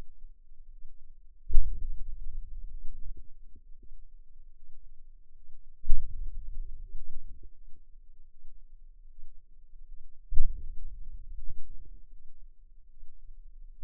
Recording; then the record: forearm muscle sounds (acoustic myography)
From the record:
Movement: hand opening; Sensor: system 2, bracelet of six BSWA MPA416 microphones around the upper forearm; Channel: 6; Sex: female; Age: 23 years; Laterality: right